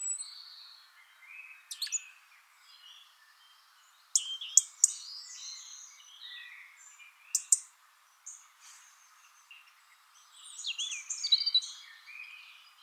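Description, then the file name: European robin's high, varied song in short phrases with pauses, interrupted by sharp ticking clicks, ending in a louder twittering flourish. "Erithacus rubecula"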